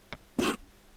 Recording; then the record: coughing mixed with background sound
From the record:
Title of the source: 60 coughing still (deep and wet cough)